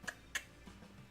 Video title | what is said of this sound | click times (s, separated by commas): 🔴 Building The LEGO Back to the Future Time Machine (10300) Live! (Part 2) | there are three clicks to make actually so that worked out | 0.1 s, 0.4 s